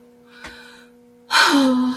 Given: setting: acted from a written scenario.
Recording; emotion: vocal sound without words; disappointment